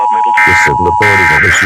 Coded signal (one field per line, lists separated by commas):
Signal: Emergency Alert System (SAME) tones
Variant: end-of-message bursts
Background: speech